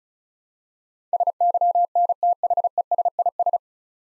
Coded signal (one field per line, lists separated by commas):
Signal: Morse code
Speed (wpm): 36 wpm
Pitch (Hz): 700 Hz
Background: none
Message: SYNTHESIS